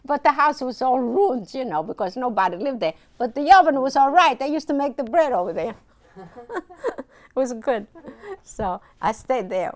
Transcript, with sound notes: But the house was all in ruins, you know, because nobody lived there, but the oven was all right. They used to make the bread over there. ( they laugh ) It was good. So I stayed there.